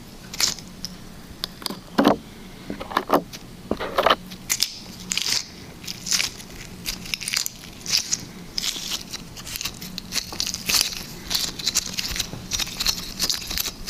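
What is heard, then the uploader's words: Liquid slime being squished and pulled, making a steady run of short wet crackles and pops several times a second with no pause. The bursts are sharp and bright, some louder than others, over a faint low hum that holds throughout. Liquid Slime ASMR.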